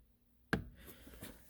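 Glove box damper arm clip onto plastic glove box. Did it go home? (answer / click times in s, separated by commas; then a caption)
yes / 0.5 s. After the cabin filter is replaced on a 2011 Toyota RAV4, the glove box is refitted and its plastic slow-open damper arm is clipped back onto the plastic glove box. A single sharp click at 0.5 s is followed by faint handling sounds. The clip is seated.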